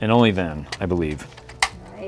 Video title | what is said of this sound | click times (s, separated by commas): Zuru Smashers Mega Horror House Zombie Rex, Brain Dead & Blood Shark Monsters Toy review! | that's a larger Edge this is a medium Edge so you got to line them up corresponding to the holes and then it locks in place then | 1.6 s